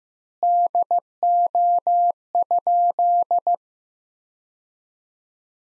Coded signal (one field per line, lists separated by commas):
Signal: Morse code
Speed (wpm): 15 wpm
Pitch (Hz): 700 Hz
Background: none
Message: DO?